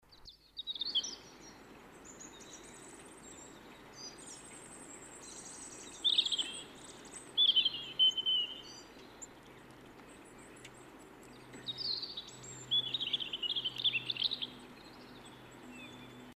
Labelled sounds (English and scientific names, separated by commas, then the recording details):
European Robin (Erithacus rubecula) song
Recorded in the wild
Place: Oberstdorf, Bayern, DE
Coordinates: 47.4378, 10.3039
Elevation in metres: 1055
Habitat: mountains
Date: 1976-04-05
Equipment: Nagra IV, Sennheiser MKH 405, Parabolreflektor
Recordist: Tretzel, Erwin
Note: Weg zur Gaisalpe, Oberstdorf: Gesang